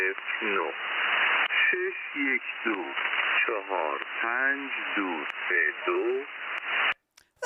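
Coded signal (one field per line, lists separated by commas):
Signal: numbers station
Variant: Farsi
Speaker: So, I thought you might like to hear what a numbers station sounds like. Just in case you've never heard one before.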